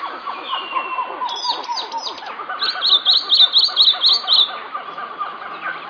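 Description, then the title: Cherry-throated tanager song: a quick run of several high, sharp repeated chirps over a dense, busy background chorus. "LuckyPassaro Completos2Sama. Cherry-throated Tanager (Nemosia rourei)"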